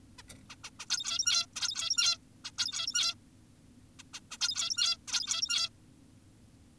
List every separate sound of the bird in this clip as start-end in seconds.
0.19-0.22, 0.50-0.56, 0.64-0.70, 0.80-0.86, 0.90-1.46, 1.56-2.18, 2.45-2.51, 2.58-3.15, 3.99-4.03, 4.14-4.20, 4.31-4.38, 4.41-4.97, 5.08-5.69